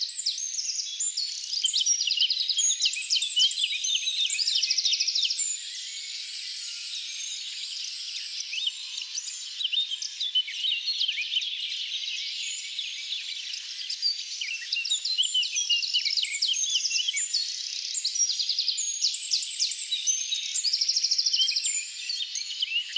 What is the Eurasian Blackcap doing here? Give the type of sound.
song